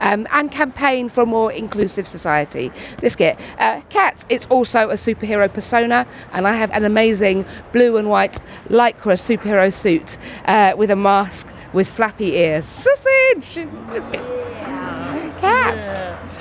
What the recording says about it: My experiences living with Tourette's. I've had tics since I was about six. They intensified in my early 20s and started to have a much, bigger impact on my life.